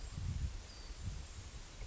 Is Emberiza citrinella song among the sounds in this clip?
no